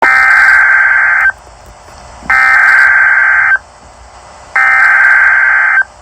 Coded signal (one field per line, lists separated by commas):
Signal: Emergency Alert System (SAME) tones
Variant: header bursts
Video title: FFW 9/11/2023 for Worcester, Franklin, Hamden and Hampshire counties in Massachusetts EAS #5